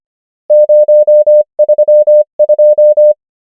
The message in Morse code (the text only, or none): 0 3 2